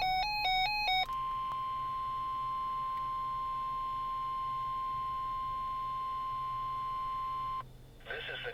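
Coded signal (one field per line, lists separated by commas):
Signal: Emergency Alert System (SAME) tones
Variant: 1050 Hz attention tone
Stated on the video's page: Required weekly test received on a RadioShack 12-259 weather radio.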